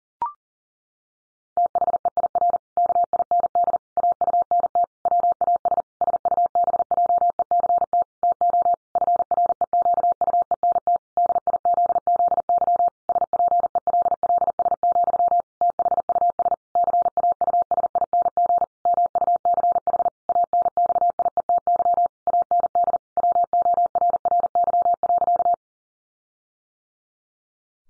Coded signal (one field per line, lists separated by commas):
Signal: Morse code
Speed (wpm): 40 wpm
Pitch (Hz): 700 Hz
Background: none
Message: THEIR KIND AUNT WAS SUBJECT TO FREQUENT DIZZY SPELLS, THUS CAUSING MUCH ANXIETY AND WORRY.